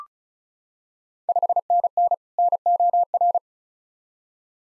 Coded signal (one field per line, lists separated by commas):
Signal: Morse code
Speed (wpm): 36 wpm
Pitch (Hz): 700 Hz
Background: none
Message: 5NN NOR